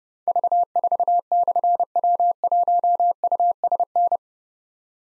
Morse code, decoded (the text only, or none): V4/W1USN